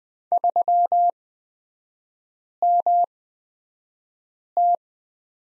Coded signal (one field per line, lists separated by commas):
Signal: Morse code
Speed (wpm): 20 wpm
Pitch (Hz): 700 Hz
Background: none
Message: 3MT